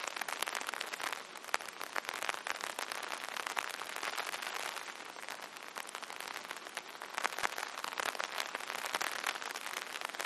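Rain patters on an umbrella in a dense, steady stream of sharp, crackling taps that never let up for the full ten seconds. The sound sits bright, with almost no low rumble, and occasional louder drops snap out above the rest.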